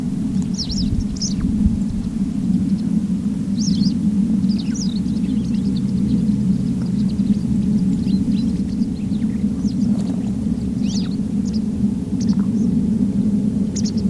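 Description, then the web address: White wagtail giving brief high chirping calls, singly and in small clusters at irregular intervals, above a constant deep drone. "Deverinetal 2025 File origin Bird Only"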